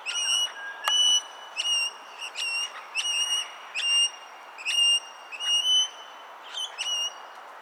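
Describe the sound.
Austral parakeet calls, short clear harmonic notes repeated in an uneven series about once a second, some with a rising twist.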